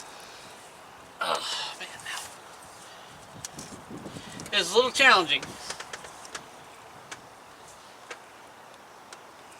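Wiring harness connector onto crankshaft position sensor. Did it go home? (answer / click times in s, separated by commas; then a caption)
no / none. A wiring harness connector is pushed onto the crankshaft position sensor of a 1.8L 1ZZ-FE engine in a Pontiac Vibe / Toyota Matrix, working in a tight spot. Someone talks, and faint, brief ticks and taps sound scattered across the quiet background. The plug goes on, but it has not clicked into place yet.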